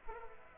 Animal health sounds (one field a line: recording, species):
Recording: mosquito wingbeat signal from an infrared sensor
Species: Aedes aegypti